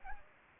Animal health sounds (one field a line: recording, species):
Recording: mosquito wingbeat signal from an infrared sensor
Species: Anopheles gambiae